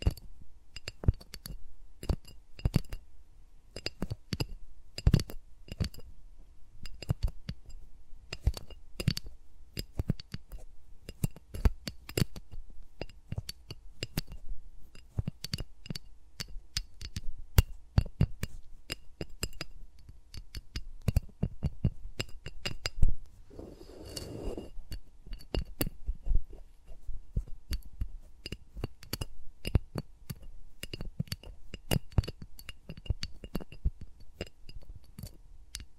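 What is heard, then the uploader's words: Fingers move around microphones in dense, irregular sharp clicks and taps with soft low thumps, thickening into a brief rustling burst near 24 seconds. ASMR with Mics Around My Fingers (No Talking).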